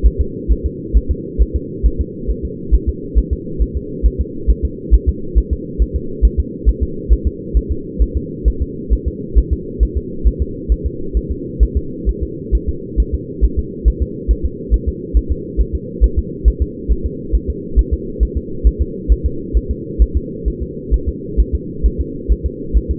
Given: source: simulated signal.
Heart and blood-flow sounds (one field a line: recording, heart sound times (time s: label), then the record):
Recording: fetal heart sounds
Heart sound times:
0.06 s: S1
0.21 s: S2
0.52 s: S1
0.66 s: S2
0.97 s: S1
1.11 s: S2
1.42 s: S1
1.56 s: S2
1.86 s: S1
2.01 s: S2
2.30 s: S1
2.45 s: S2
2.75 s: S1
2.89 s: S2
3.18 s: S1
3.33 s: S2
3.62 s: S1
3.77 s: S2
4.06 s: S1
4.21 s: S2
4.50 s: S1
4.65 s: S2
4.94 s: S1
5.09 s: S2
5.38 s: S1
5.53 s: S2
5.82 s: S1
5.96 s: S2
6.25 s: S1
6.40 s: S2
6.69 s: S1
6.83 s: S2
7.13 s: S1
7.27 s: S2
7.57 s: S1
7.72 s: S2
8.02 s: S1
8.17 s: S2
8.48 s: S1
8.62 s: S2
8.93 s: S1
9.08 s: S2
9.38 s: S1
9.53 s: S2
9.83 s: S1
9.97 s: S2
10.27 s: S1
10.42 s: S2
10.72 s: S1
10.86 s: S2
11.17 s: S1
11.31 s: S2
11.63 s: S1
11.77 s: S2
12.09 s: S1
12.23 s: S2
12.55 s: S1
12.69 s: S2
13.00 s: S1
13.14 s: S2
13.44 s: S1
13.59 s: S2
13.88 s: S1
14.02 s: S2
14.31 s: S1
14.45 s: S2
14.74 s: S1
14.88 s: S2
15.17 s: S1
15.32 s: S2
15.61 s: S1
15.75 s: S2
16.04 s: S1
16.19 s: S2
16.48 s: S1
16.62 s: S2
16.92 s: S1
17.06 s: S2
17.35 s: S1
17.50 s: S2
17.79 s: S1
17.94 s: S2
18.23 s: S1
18.37 s: S2
18.67 s: S1
18.82 s: S2
19.12 s: S1
19.26 s: S2
19.57 s: S1
19.71 s: S2
20.02 s: S1
20.17 s: S2
20.48 s: S1
20.62 s: S2
20.94 s: S1
21.09 s: S2
21.40 s: S1
21.55 s: S2
21.86 s: S1
22.01 s: S2
22.32 s: S1
22.46 s: S2
22.77 s: S1
22.91 s: S2
From the record:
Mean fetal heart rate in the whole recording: 135 bpm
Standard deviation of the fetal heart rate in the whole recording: 3 bpm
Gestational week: 34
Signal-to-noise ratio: -4.3 dB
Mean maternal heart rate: 72 bpm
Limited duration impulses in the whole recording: absent